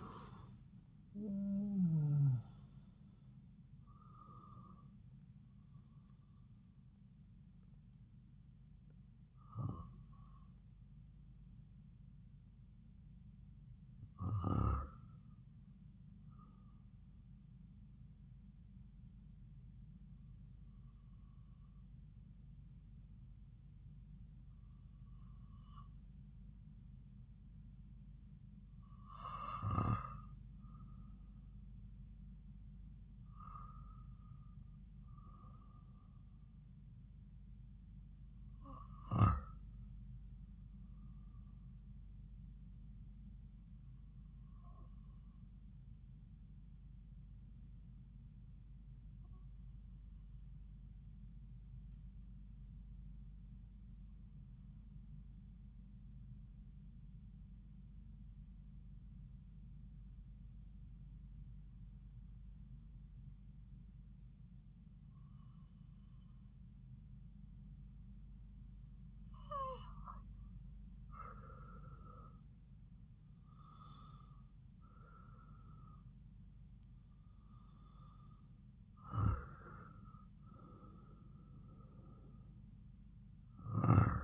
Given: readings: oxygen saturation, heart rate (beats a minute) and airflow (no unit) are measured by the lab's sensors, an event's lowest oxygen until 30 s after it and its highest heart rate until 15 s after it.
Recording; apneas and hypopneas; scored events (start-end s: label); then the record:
breathing in sleep by a smartphone at the bedside; 2
15.00-33.40 s: hypopnea (REM, oxygen 97% highest, then 94% lowest)
50.00-72.10 s: hypopnea (REM, oxygen 95% highest, then 85% lowest)
From the record:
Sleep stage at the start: REM sleep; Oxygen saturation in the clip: 79 to 97%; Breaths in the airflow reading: 15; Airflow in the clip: -7.2 to 9.7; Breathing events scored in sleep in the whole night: 270 in 6.1 hours asleep